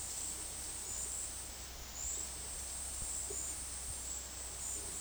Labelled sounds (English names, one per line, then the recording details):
none
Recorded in dense forest near Puerto Asís, Putumayo, Colombia, on 21 February 2024 at 14:00
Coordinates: 0.485, -76.322
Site G6406